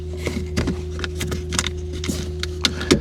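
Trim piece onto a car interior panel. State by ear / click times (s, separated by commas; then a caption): seated / 2.6 s. A trim piece is slid onto a car interior panel and pushed until it snaps into its mount, with soft scraping and handling knocks over a steady low hum. A sharp snap at 2.7 s shows the trim piece seated.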